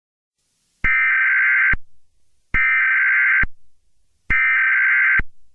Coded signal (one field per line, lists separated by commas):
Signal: Emergency Alert System (SAME) tones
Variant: header bursts